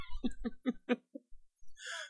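Giant panda giving four short, low bleating calls in quick succession, then a softer one, followed by a brief hiss of higher noise.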